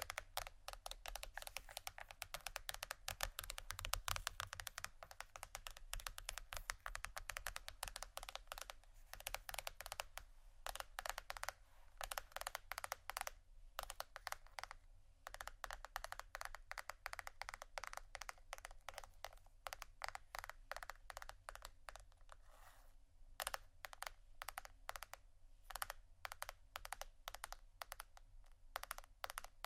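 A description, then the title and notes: Fast tapping and scratching runs through the whole stretch: a dense, rapid stream of sharp, bright clicks, much like quick typing on a keyboard. The clicks come thickest in the first fifteen seconds, then turn a little sparser with short gaps, over a steady low hum. ASMR Fast Tapping & Scratching （No Talking）.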